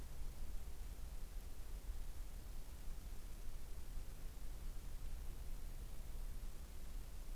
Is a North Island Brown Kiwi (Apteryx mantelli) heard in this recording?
no